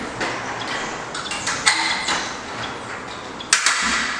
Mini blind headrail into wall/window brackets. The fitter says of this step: blind just flicked into the brackets will hear a click click